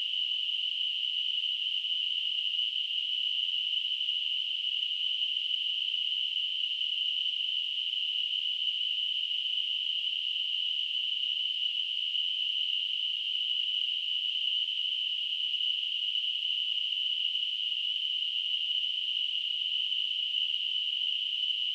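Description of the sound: A simulated tinnitus sound: a steady, continuous high-pitched hiss or tone centred near 3 kHz, unchanging throughout, with nothing below about 2 kHz.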